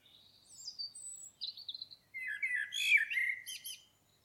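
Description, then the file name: Common blackbird delivering high, thin sliding notes that lead into a full, mellow warbled phrase ending in scratchy twitters. "Turdus merula"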